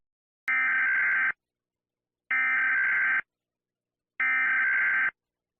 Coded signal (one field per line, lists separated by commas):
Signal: Emergency Alert System (SAME) tones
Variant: header bursts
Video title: Comparison of EAS alarm (shorts) #shorts #trending #india #usa #comparison